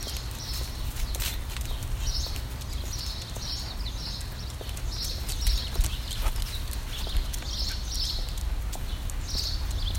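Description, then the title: Birds chirping in high, brief phrases repeated irregularly, under which a low rumble and faint tapping continue throughout. "Birds Chirping Meditation"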